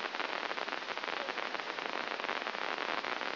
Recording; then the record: brain microelectrode recording played as sound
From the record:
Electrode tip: inside the subthalamic nucleus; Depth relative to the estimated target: -1 mm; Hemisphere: left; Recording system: AlphaMap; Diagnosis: Parkinson's disease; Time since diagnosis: 15 years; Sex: female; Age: 68 years